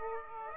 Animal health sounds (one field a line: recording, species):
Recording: mosquito wingbeat signal from an infrared sensor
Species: Aedes aegypti